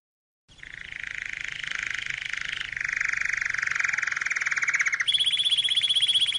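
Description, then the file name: Canary singing rapid, rolling trills, first a fast mid-pitched rattle, then switching abruptly to a higher, sharper, evenly pulsed trill. "Canary Voice"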